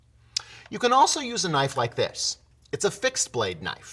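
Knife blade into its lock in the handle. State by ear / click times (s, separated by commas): seated / 0.4 s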